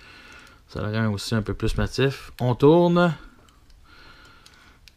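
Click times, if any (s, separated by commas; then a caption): 4.9 s. A section of a plastic transforming figure is rotated and clipped into the figure body during its change into alternate mode. Someone talks first, then there are faint handling ticks, and a sharp click at 4.9 s marks the part seating firmly in place.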